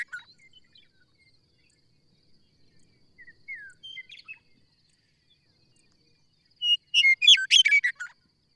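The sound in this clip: Bird song: quiet, sparse whistled slurs and chirps, then a loud rapid cascade of bright twittering notes near the end.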